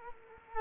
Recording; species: mosquito wingbeat signal from an infrared sensor; Culex quinquefasciatus